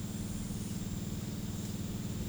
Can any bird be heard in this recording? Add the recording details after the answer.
no. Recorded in pastures near Puerto Asís, Putumayo, Colombia, on 13 March 2025 at 09:30. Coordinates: 0.505, -76.324. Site GP08